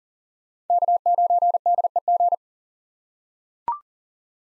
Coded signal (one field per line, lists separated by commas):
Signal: Morse code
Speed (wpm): 40 wpm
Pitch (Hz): 700 Hz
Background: none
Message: K9DEG